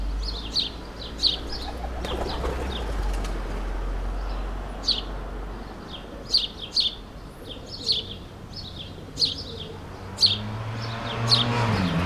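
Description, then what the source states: Sparrow chirps in irregular clusters of two or three sharp notes, with a low rumble that fades and a faint engine-like hum near the end. Suburban ambient, May 2022.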